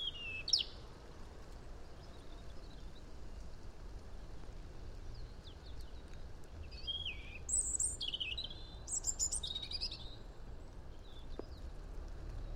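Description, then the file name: European robin song, soft high whistled notes at the start, then short warbled phrases in the second half, fairly quiet against a broad steady background hiss. "Erithacus rubecula"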